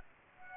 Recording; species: mosquito wingbeat signal from an infrared sensor; Aedes aegypti